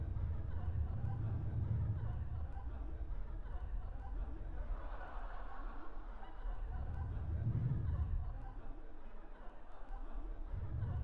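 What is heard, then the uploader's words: Laughter in a theatre: a dense, steady crowd murmur runs throughout, swelling into louder waves of audience laughter near the start, around the middle, and again near eight seconds and at the end. Scattered voices and chatter fill the quieter gaps. Laughter in Theatre/Applause in Theatre (1935 Columbia), 78 RPM UK disc.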